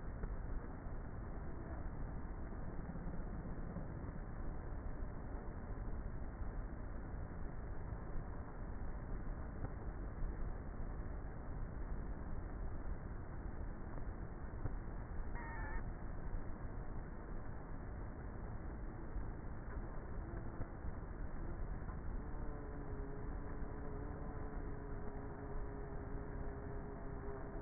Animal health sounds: honeybee colony, microphone inside the hive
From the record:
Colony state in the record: queenless with a low population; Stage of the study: before two queens were removed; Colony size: about 30,000 bees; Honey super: no

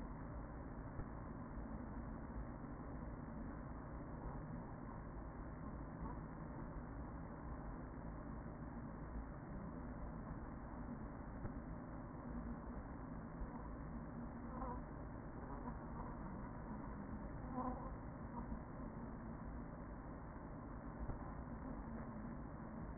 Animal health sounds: honeybee colony, microphone inside the hive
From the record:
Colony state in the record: queen present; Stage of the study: after two queens were removed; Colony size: about 40,000 bees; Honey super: no

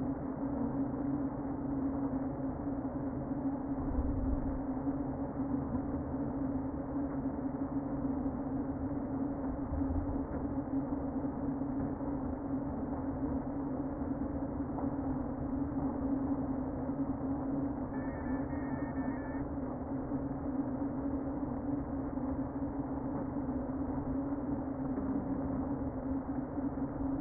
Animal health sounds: honeybee colony, microphone inside the hive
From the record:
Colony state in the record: queen present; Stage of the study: before two queens were removed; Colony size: about 60,000 bees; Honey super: yes

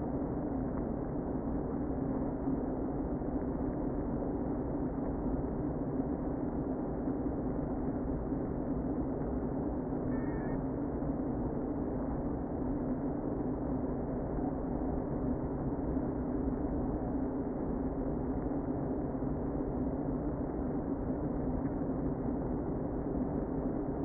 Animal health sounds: honeybee colony, microphone inside the hive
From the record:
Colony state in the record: queen present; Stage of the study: before two queens were removed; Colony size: about 60,000 bees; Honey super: yes

